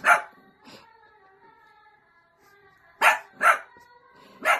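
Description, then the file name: Dog giving a loud yap and a fainter one, then after a pause three more loud yaps. Cute dog barking. "Tieng cho sua de thuong dang yeu"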